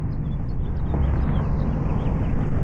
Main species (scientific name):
Haemorhous mexicanus